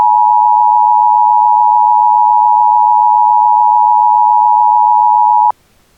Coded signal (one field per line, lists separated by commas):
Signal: Emergency Alert System (SAME) tones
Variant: 853 and 960 Hz attention tone